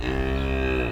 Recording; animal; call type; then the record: contact call of a hoofed animal; cattle; low-frequency (closed-mouth) or high-frequency (open-mouth) call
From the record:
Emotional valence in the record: negative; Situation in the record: full separation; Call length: 0.92 s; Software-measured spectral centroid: 1730 Hz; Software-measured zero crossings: 1340 a second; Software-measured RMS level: -24 dBFS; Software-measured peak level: -12 dBFS